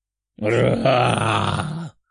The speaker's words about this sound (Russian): Раздался громкий драконий рев, что пронесся по всей округе.